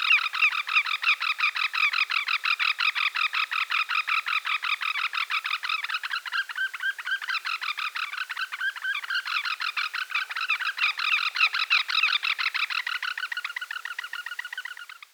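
Greater yellowlegs giving a long, unbroken series of rapid, harsh, ringing notes, several per second, sustained for the whole fifteen seconds.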